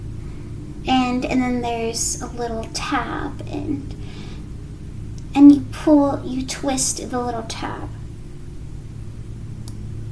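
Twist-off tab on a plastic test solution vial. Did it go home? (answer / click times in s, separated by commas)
released / 9.7 s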